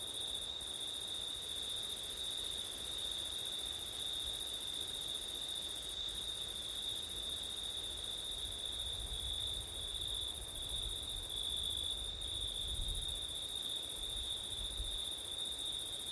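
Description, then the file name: Continuous shrill cricket trilling, steady throughout, while low gusts of wind rumble and swell in the background. Crickets singing on a September night, with wind. "crickets wind september night ortif"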